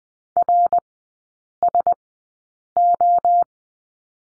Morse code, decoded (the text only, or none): RSO